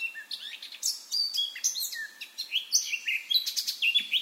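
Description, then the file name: Eurasian blackcap song: short, lively bursts of chirps and slurred whistles tumble in quick succession, bright and high-pitched, with little else audible. "Sylvia atricapilla"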